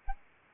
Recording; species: mosquito wingbeat signal from an infrared sensor; Anopheles arabiensis